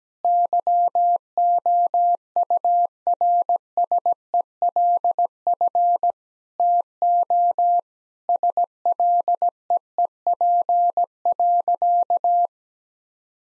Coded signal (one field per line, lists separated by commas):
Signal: Morse code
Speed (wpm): 17 wpm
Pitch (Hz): 700 Hz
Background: none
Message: YOURSELF TO SLEEP.